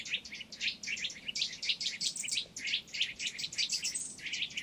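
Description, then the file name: Eurasian nuthatch uttering rapid, piercing chip notes in dense clusters, with steady low-level background noise throughout. "Sitta europaea"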